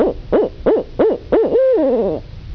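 Owl giving a quick series of five short hoots, followed by a longer note that breaks into a wavering, quavering trill.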